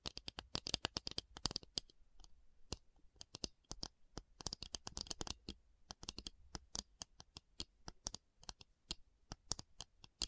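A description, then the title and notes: Quick, crisp tapping on a hard surface, with sharp clicky strikes that come in irregular bursts throughout. Some passages bunch into rapid flurries, such as near the start and around the fifth second, while others thin out into sparser single taps. No voices are heard. Tapping Session (No Talking).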